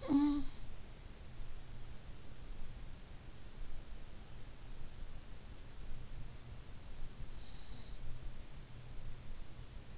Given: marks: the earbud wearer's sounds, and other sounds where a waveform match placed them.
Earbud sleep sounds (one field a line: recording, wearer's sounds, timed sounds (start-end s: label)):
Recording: sounds in sleep by an in-ear microphone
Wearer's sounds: snoring breath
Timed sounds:
0.00-2.26 s: snoring breath